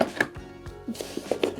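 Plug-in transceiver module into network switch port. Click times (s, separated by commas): 0.2 s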